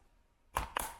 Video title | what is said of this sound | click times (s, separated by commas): WE FINALLY PICKED OUR STROLLER - Strolleria | very easy to click into place | 0.6 s, 0.8 s